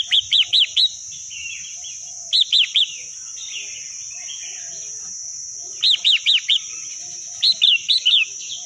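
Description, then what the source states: Red-whiskered bulbul song: repeated short runs of three to five arched chirps, each followed by a buzzy warble, over a persistent high-pitched tone. Singing in the wild forest style, called 'giọng rừng'.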